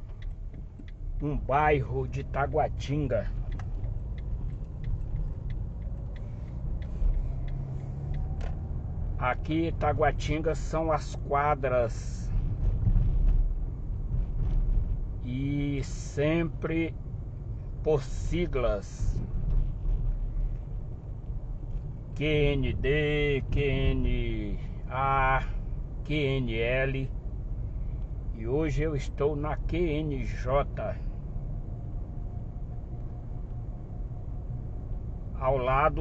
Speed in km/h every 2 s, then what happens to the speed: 12, 18, 22, 30, 31, 30, 30, 29, 29, 28, 29, 29, 30, 31, 32, 33, 34, 34.
0-7 speeds up to 31. 7-36 steady at about 30.